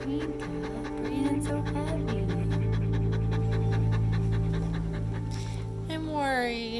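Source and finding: Adult dog. Labored breathing.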